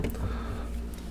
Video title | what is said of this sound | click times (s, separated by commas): Replacement water filter hammering sound fix? | close the door it's going to be a little tight fit so just push on it until you hear it click alright | 0.0 s, 0.1 s, 0.2 s